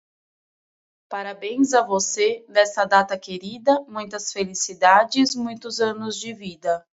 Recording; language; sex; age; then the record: short text; Brazilian Portuguese; female; 20 to 29 years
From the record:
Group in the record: control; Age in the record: 29 years